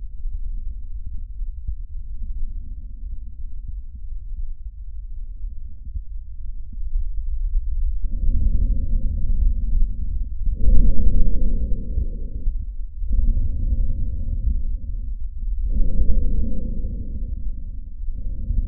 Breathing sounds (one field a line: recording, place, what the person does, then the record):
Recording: lung sounds by stethoscope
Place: trachea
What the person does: quiet breathing, then deep breathing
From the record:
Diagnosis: COPD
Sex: male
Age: 77 years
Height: 172 cm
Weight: 94 kg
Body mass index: 31.8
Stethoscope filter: bell mode